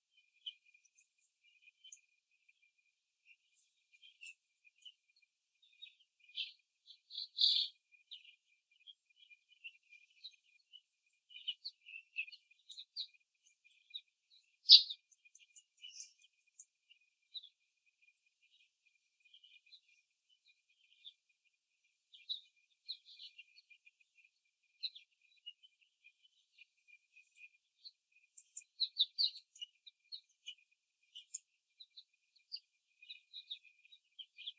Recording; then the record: young laying hens in a cage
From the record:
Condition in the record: after the stressor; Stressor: simulated dog barking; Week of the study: 3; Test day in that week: 1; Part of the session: 3